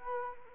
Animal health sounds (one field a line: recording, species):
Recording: mosquito wingbeat signal from an infrared sensor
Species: Anopheles arabiensis